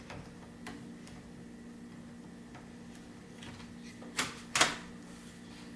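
The removable battery pack of an Acer Aspire V3-572PG laptop is slid back into its bay on the underside of the plastic base until it latches. A few faint ticks and scrapes come first, then a sharp knock at about 4.2 seconds. The loudest click comes at 4.6 seconds as the battery seats in place.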